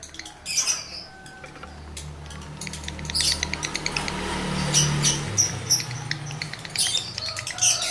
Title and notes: Birahi Lovebird Jantan ke Gacor. Pancingan Suara Lovebird jantan birahi